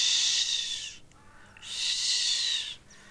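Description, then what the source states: Barn Owl screech: two long, harsh, hissing bursts separated by a short pause. Hissing screech (French 'chuintement') which in popular belief frightened people, giving the French name effraie; also called 'la dame blanche'; played from a sound library recording.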